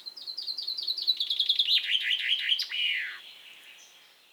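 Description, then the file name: Common chaffinch song: quick chipping notes running into a descending rattle, finished with a sharp flourish that fades away. "Fringilla coelebs"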